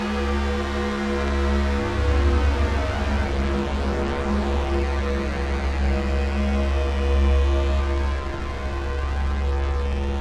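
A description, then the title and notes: A polyphonic analog synthesizer runs its calibration routine through an effects unit, producing a dense, sustained drone of stacked steady tones with a heavy low rumble. Bright swirling, sweeping textures shimmer overhead while the loudness stays constant throughout, with small shifts around two and seven seconds. It's the sound of my 8 voice Moog Poly Phatty calibrating through a Dreadbox Hypnosis. Recorded in Audacity.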